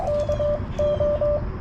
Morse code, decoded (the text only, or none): KO